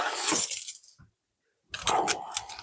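Keys clink and jangle in two bright metallic bursts separated by a short silence, the second burst busier with several quick chinks.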